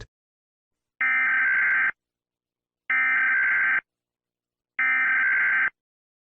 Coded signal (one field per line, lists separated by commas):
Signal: Emergency Alert System (SAME) tones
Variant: header bursts